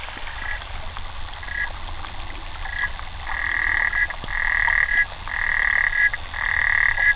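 Xenopus frog trilling calls, buzzy clicking bursts with paired tones, faint at first, then longer and louder bursts repeated about once a second; steady low hum beneath.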